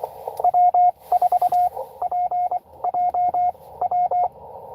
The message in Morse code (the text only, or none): W4PJW